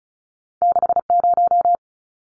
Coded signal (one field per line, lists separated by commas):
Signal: Morse code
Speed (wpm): 34 wpm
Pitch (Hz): 700 Hz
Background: none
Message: 60